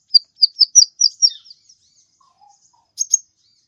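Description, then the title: Mixed birds: a string of several quick, high chirps, a soft low whistle, then two sharp final tweets. "Burung Campur4"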